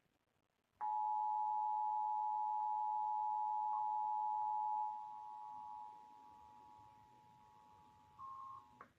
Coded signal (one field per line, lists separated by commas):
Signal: Emergency Alert System (SAME) tones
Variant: 853 and 960 Hz attention tone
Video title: EAS #11: Required Monthly Test - Indiana (3/15/2018) (WXIN)